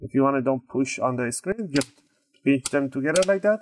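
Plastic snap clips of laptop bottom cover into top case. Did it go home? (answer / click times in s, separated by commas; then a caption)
no / none. On reassembly of a Gateway GWTN156 laptop after a RAM upgrade, the front edge of the plastic bottom cover and the top case are pinched together by hand so the cover's snap clips go into the top case. Someone talks throughout, with a short pause near the middle. Nothing has clicked or seated yet by the end of the clip.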